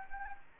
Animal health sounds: mosquito wingbeat signal from an infrared sensor; Anopheles gambiae

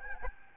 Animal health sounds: mosquito wingbeat signal from an infrared sensor; Aedes albopictus

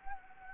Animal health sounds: mosquito wingbeat signal from an infrared sensor; Anopheles gambiae

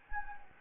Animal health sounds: mosquito wingbeat signal from an infrared sensor; Anopheles gambiae

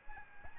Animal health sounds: mosquito wingbeat signal from an infrared sensor; Aedes albopictus

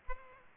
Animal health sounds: mosquito wingbeat signal from an infrared sensor; Culex pipiens

